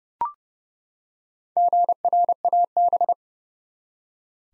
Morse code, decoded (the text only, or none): GRAB